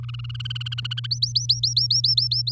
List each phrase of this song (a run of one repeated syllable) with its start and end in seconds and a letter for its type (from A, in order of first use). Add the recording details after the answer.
0.03-1.07 A, 1.11-2.51 B. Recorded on 6 May 2018 at 06:07. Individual llb16